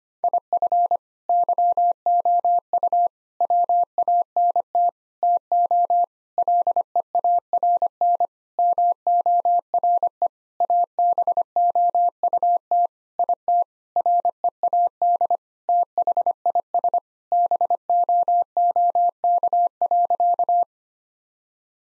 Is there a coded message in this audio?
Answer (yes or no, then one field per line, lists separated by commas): yes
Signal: Morse code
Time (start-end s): 0.2-20.6 s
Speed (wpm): 25 wpm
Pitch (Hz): 700 Hz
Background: none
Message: IF YOU WANT TO LEARN MORE ABOUT IT READ THIS BOOK.